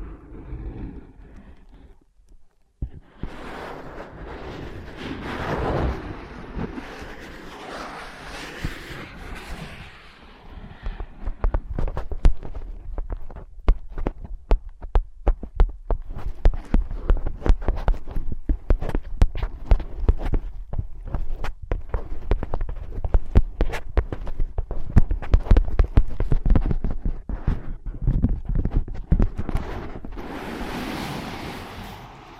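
Ear pads are handled, with soft scratching and rubbing sounds in the first ten seconds. Quick, irregular tapping then takes over, dense and thumping with sharp clicks, continuing to the end, where a brighter brushing sound rises in the last few seconds.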